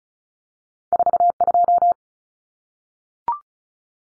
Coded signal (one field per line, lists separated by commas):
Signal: Morse code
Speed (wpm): 34 wpm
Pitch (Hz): 700 Hz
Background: none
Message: 42